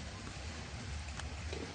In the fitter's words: sudah terkunci Ya sudah mengunci di dudukan nya sendiri